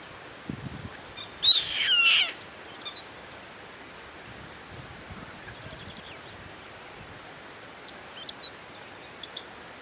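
Bird with one brief rasping, noisy call, then a fainter, shorter note later, over a constant high whine.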